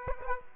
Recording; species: mosquito wingbeat signal from an infrared sensor; Aedes aegypti